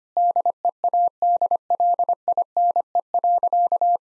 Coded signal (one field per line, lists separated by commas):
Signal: Morse code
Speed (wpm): 25 wpm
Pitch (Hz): 700 Hz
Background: none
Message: DEADLINE.